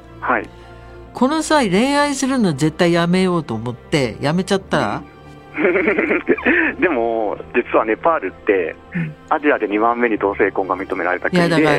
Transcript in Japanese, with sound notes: はい
この際、恋愛するの、絶対、やめようと思って、
うん・・
やめちゃったら？
ンフフフ （苦笑） でもお、実は、ネパールってえ、
うん
アジアで、2番目に、同性婚が認められた国でえ。